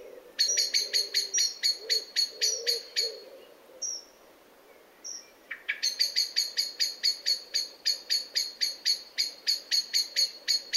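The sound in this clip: Bird giving fast trains of sharp, high chirps, then a short pause with two thin whistled notes, then the rapid chirping resumes.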